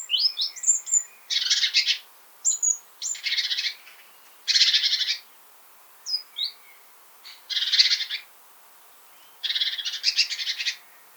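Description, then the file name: Great tit scolding calls: harsh buzzy churring bursts repeated irregularly, mixed with thin high sharp notes and short tinkling calls between them. "Parus major"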